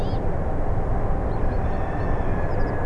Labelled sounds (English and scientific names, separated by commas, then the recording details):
Common Chaffinch (Fringilla coelebs)
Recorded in Germany
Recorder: ecoPi